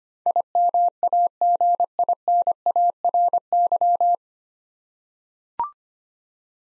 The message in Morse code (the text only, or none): IMAGINARY